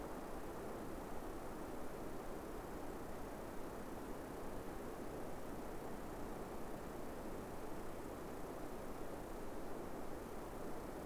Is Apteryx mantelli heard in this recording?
no